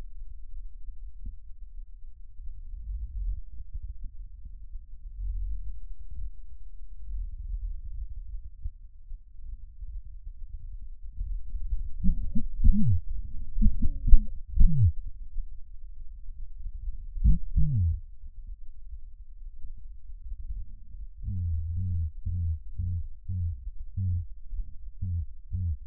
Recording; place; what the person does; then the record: lung sounds by stethoscope; left posterior apical chest; quiet breathing, then cough and speech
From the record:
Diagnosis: none (healthy); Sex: male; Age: 34 years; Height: 174 cm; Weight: 93 kg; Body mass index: 30.7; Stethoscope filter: bell mode